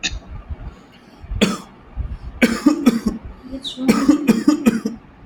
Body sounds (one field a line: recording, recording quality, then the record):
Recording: heavy voluntary cough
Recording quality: excellent, no background noise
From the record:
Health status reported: healthy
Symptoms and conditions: asthma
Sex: male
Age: 32 years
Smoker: yes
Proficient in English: yes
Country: India